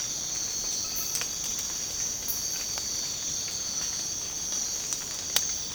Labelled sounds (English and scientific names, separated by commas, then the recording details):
none
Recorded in secondary vegetation near Puerto Asís, Putumayo, Colombia, on 19 March 2025 at 04:30
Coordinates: 0.485, -76.322
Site G040